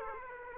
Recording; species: mosquito wingbeat signal from an infrared sensor; Aedes aegypti